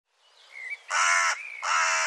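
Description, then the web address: Bird calls: a soft thin whistle, then two loud harsh caws separated by a brief gliding whistled note. "cianscape birddata Deverinetal"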